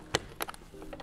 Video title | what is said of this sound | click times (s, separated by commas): Jeep Camper Rental Tour | and lock into place | 0.1 s